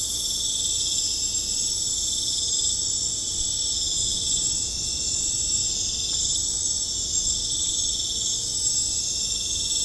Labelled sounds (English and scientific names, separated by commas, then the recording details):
none
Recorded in pastures near Puerto Asís, Putumayo, Colombia, on 18 December 2024 at 21:30
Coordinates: 0.496, -76.326
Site G004